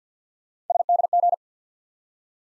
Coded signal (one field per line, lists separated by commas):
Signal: Morse code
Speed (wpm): 48 wpm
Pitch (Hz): 700 Hz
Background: none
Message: SDG